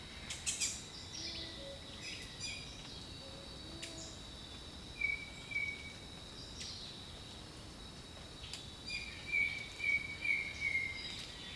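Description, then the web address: Bird song: scattered high chirps, then a couple of level whistles and a later series of rapid whistled notes, over constant insect hum and jungle calls. "Echoes of Nature - Jungle Talk 01 Jungle Birdsong"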